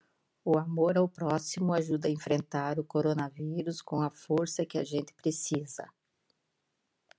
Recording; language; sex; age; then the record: spoken sentence; Brazilian Portuguese; female; 50 to 59 years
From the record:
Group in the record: control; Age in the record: 56 years